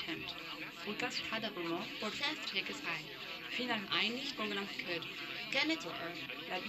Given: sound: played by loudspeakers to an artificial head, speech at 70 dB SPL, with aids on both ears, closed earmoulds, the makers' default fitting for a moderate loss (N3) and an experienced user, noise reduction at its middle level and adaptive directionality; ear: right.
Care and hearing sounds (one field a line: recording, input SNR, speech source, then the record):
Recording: speech test signal (ISTS) in cocktail-party noise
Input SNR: +6 dB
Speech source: in front (0 degrees)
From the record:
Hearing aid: class 1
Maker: D